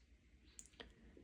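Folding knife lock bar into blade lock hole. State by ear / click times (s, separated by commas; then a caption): seated / 0.6 s. The bolster mechanism of a non-flipper folding knife with zirconium bolsters and carbon fiber scales is worked until the lock bar drops into the blade's lock hole. A sharp click at 0.6 s is followed by a quieter tick and another brief click near 0.8 s, over a low steady hum. The lock bar snaps into place and the blade locks open.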